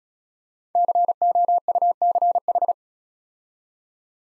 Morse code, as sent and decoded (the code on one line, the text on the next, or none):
-.-. --- ..- -.-. ....
COUCH